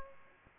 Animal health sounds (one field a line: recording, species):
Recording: mosquito wingbeat signal from an infrared sensor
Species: Aedes aegypti